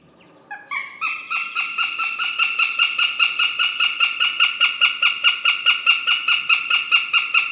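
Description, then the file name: Northern goshawk giving a long, steady series of rapid harsh, nasal notes, loud and unbroken for over six seconds. "habicht"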